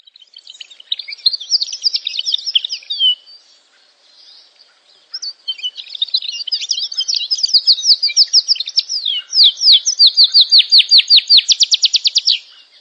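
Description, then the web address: Canary song: a buzzy warbling phrase, a brief pause, then rapid chattering trills ending in a fast, even run of sharp repeated notes. "honarfardi Canary Sound"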